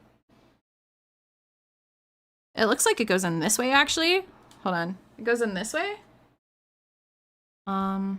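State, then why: Not seated. A plastic Skaven miniature part is turned and tried against a model kit assembly while the builder works out how it fits before pushing it home. Someone talks through most of the clip, with a near-silent stretch before the speech and a steady hum near the end. Nothing has seated or clicked yet.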